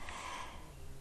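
A soft, low snorting breath from a female dog snoring calmly while lying down asleep, in Puerto Rico.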